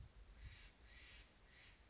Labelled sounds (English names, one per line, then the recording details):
Steller's Jay
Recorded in Sonoma County, California